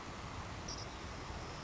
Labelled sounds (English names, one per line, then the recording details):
Savannah Sparrow
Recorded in Sonoma County, California